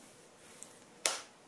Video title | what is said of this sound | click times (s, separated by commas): NAVIGATION DISPLAY pwede sa ebike | so nag-click na So hindi na siya mahuhulog Kahit nga hindi na higpitan | 1.1 s